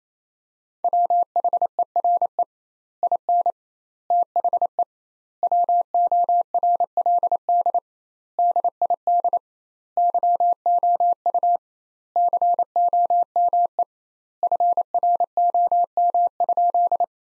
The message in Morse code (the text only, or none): WHERE IN THE WORLD DID YOU COME FROM?